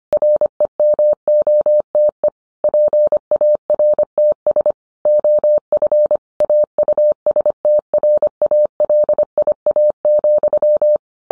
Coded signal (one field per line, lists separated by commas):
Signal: Morse code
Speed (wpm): 25 wpm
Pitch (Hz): 600 Hz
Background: none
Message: REMOTE PARTS OF AUSTRALIA,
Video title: 20211212 Getting Amateur Radio propagation data at home